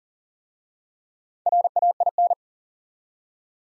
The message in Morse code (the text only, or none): RAIN